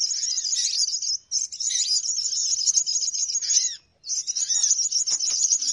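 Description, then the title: Birds chattering in a loud, high twitter, continuous rapid notes broken by two short silences. Lure call to attract birds; many noisy birds said to gather quickly. "Baru Diputar Dah Banyak Merapat! Suara Pikat Burung Ribut"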